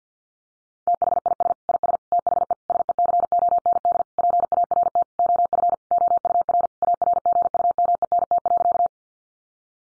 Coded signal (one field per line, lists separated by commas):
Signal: Morse code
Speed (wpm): 50 wpm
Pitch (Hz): 700 Hz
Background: none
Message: THIS IS THE SECOND PART OF OUR ARGUMENT.